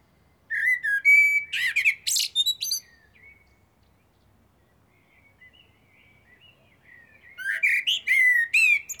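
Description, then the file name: Common blackbird song: two phrases separated by a long quiet pause, the first opening with low fluted whistles and ending in high, squeaky twittering, the second cut off. "Turdus merula"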